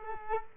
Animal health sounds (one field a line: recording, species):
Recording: mosquito wingbeat signal from an infrared sensor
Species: Culex quinquefasciatus